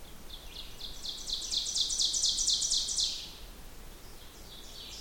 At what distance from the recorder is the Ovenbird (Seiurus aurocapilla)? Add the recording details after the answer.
about 20 m. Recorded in boreal forest in Alberta, Canada, on 16 June 2016 at 08:07. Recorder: SongMeter 3, array SBT-3-32. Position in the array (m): 144 m, 26 m. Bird 36